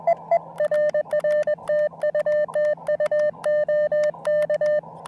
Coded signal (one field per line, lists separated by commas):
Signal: Morse code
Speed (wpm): 21 wpm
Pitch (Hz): 590 Hz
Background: radio noise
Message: RR TU TU OK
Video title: When Plans Change: A Relaxing "Plan B" QRP POTA Activation at Lake James State Park!